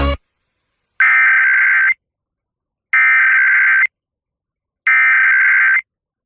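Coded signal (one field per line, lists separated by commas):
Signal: Emergency Alert System (SAME) tones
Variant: header bursts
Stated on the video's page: Remake, not a live capture, of the National Periodic Test.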